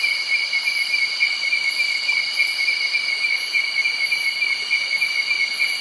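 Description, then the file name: Cicadas and other insects keep up a continuous shrill buzz, with a faint high whine swelling and fading at intervals. Cicadas and other insects by a nearby creek in early night, Doi Suthep National Park, Thailand. "insects cicada frogs birds creek close by early night doi suthep national park thailand"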